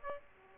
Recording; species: mosquito wingbeat signal from an infrared sensor; Aedes aegypti